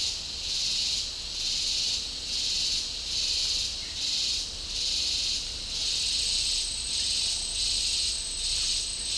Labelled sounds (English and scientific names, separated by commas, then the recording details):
none
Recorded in dense forest near Puerto Asís, Putumayo, Colombia, on 20 December 2024 at 12:00
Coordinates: 0.499, -76.324
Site G045